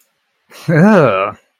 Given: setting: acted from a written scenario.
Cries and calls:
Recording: vocal sound without words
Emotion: disgust

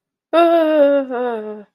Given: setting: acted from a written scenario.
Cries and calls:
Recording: vocal sound without words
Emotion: fear

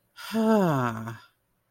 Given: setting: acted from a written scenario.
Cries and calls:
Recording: vocal sound without words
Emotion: contentment

